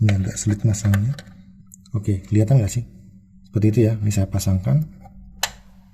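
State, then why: Seated. An NVMe-to-PCIe adapter card is pushed into the lower PCI Express slot on a motherboard while someone talks. A single loud, sharp click at 5.4 s marks the card seating, and it is now tight in the slot.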